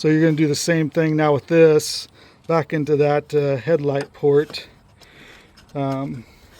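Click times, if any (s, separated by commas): none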